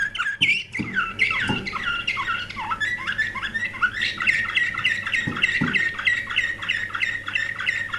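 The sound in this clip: Canary-type song, an unbroken stream of rapid rising and falling warbles over a steady background hiss, with a few low knocks near the start and a couple more after five seconds.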